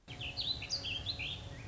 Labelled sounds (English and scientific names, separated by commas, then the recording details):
Warbling Vireo (Vireo gilvus)
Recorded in Sonoma County, California